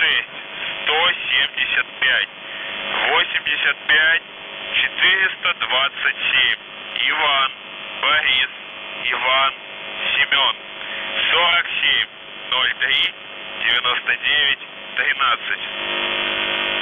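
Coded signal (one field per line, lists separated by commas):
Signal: coded military voice message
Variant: UVB-76, Russian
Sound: russian voice reads phonetic-alphabet names and numbers, each group repeated twice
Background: radio static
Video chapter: 01:16 - Message 1: ИБИС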